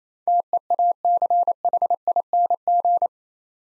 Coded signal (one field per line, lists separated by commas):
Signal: Morse code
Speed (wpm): 29 wpm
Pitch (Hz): 700 Hz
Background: none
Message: TEACHING